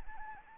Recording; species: mosquito wingbeat signal from an infrared sensor; Anopheles arabiensis